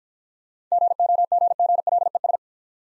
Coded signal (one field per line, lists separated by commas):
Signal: Morse code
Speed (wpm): 46 wpm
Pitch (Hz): 700 Hz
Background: none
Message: GOGGLES